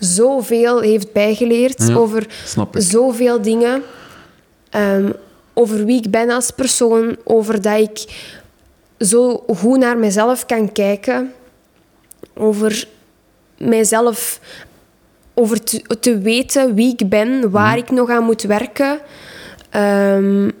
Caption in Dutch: Stotteren.